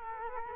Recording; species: mosquito wingbeat signal from an infrared sensor; Culex quinquefasciatus